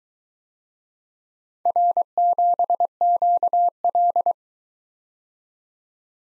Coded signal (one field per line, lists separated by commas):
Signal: Morse code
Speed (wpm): 22 wpm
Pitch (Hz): 700 Hz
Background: none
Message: R7QL